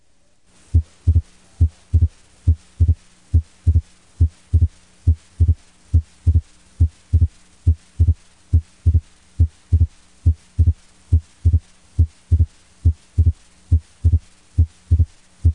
Widened, fixed splitting of S2 is sometimes associated with an increased capacitance of the pulmonary vascular bed. Wide S2 split sounds like this.